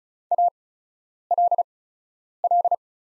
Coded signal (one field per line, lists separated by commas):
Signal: Morse code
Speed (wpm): 34 wpm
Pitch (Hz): 700 Hz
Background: none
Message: ALL